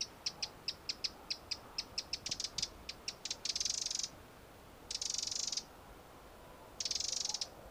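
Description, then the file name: Eurasian wren giving a run of hard ticking notes that speeds up and runs into buzzy churring rattles, followed by two more rattles. "Troglodytes troglodytes"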